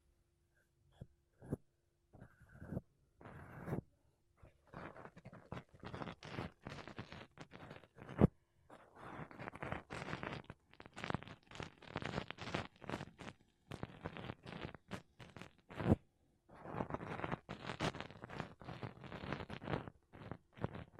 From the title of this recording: Mic Brushing Using Makeup Brushes and Sponge